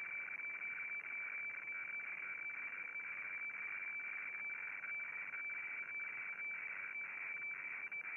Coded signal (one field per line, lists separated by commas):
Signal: weather fax (radiofax)